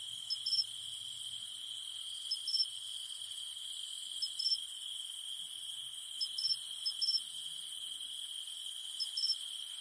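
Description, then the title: Cicada hum as an unbroken shrill drone, overlaid by short paired chirps returning roughly every two seconds. Cicadas humming at night in the mountains. "In the mountains at night, only the humming of cicadas remains"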